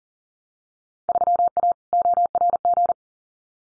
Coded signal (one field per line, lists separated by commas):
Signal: Morse code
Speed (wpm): 39 wpm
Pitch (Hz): 700 Hz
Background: none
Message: 3A ORG